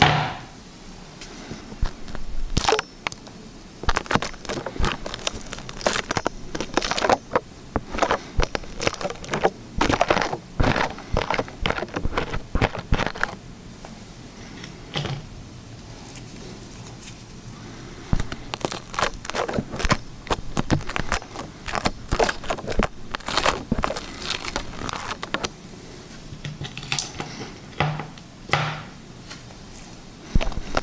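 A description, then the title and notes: Liquid slime is squished and pulled, making a dense run of sticky clicks, pops and crackling snaps throughout. The sounds come in uneven clusters, easing briefly around 14 and 25 seconds, with a faint low hum underneath. Liquid Slime ASMR.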